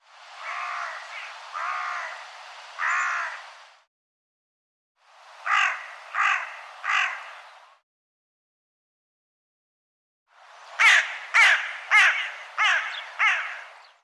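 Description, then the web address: Bird giving harsh, squawking calls in three bursts: three drawn-out calls, a pause, three shorter calls, then six sharp, rapid calls after a longer silence. "cianscape birddata Deverinetal 2025"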